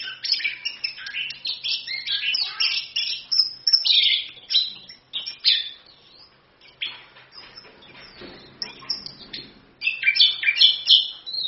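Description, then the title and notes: Orange-headed thrush pouring out a long, continuous medley of quick chirps, trills and whistled notes, dense and varied with brief lulls. Masteran song of the thrush, meant as a pancingan lure to prompt another bird to sing; song described as gacor (vigorous) and ngerol (continuous rolling). "ANIS KEMBANG GACOR, ANIS KEMBANG NGEROL, PANCINGAN ANIS KEMBANG BIAR BUNYI. Masteran Anis Kembang"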